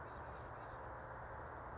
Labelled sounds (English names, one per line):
California Towhee